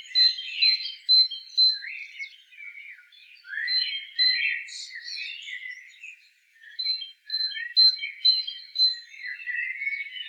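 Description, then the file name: Great tit giving short, thin whistled notes at a steady pitch, scattered through a jumble of lower twittering and chattering. "Parus major"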